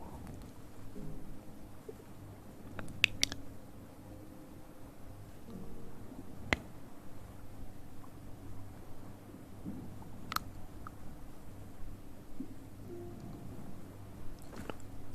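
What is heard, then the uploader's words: Mouth sounds: soft wet clicks and smacks over a low, steady murmur. Sharp clicks stand out near 3, 6.5, 10.5 and 14.5 seconds, with quieter chewing-like squishes scattered between them at an irregular, unhurried pace. Hand Sounds & Movements, Mouth Sounds.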